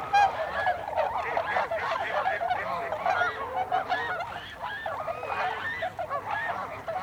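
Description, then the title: Tundra swans in chorus, many nasal, wavering honks overlapping continuously, a few louder notes standing out near the start. Tundra swans, recorded 26 December 2020. "2020-12-26-Tundra-Swans"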